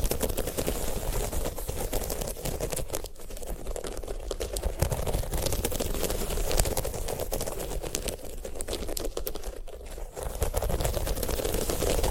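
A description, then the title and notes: A sunflower head is handled in a dense, continuous stream of dry scratching and crackling ticks, like fingers working over seeds and bristles. The clicks come rapidly and irregularly, with slightly quieter stretches around three and ten seconds, over a low steady rumble. ASMR of a Sunflower Head (No Talking).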